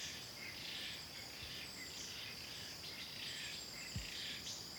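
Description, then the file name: Insect drone, steady and high, throughout, with faint bird sounds. Forest ambience with a few birds. "ambience forests constant insect with few birds"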